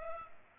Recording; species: mosquito wingbeat signal from an infrared sensor; Culex pipiens